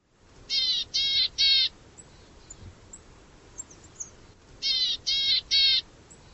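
Bird calls: harsh, buzzy, rasping notes in a tight burst of three, with the burst repeated after a pause of about three seconds.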